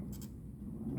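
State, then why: Not seated. On a Suzuki GSXR 1000, a rider works one-handed to get the motorcycle seat's tab to seat into its catch on the frame. Low rumbling fills the clip with a brief high scrape near 0.2 s, but the tab has not seated or clicked yet and the attempt fails.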